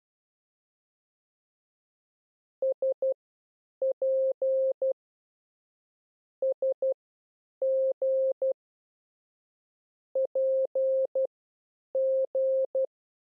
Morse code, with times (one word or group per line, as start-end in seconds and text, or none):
2.6-4.9 SP
6.4-8.5 SG
10.2-12.8 PG